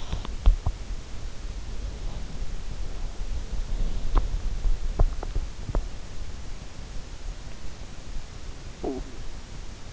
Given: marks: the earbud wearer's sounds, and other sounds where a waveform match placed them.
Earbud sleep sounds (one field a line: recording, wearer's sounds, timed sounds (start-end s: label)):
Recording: sounds in sleep by an in-ear microphone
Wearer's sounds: body movement, teeth grinding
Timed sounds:
0.00-0.88 s: body movement
4.13-4.42 s: teeth grinding
4.81-5.09 s: teeth grinding
5.66-5.98 s: teeth grinding